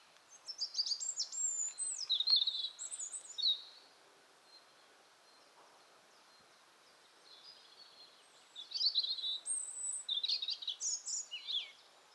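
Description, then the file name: European robin song: sweet, high, jumbled warbles and thin trills in two bursts, the first few seconds and again near the end, with quiet between. "Erithacus rubecula"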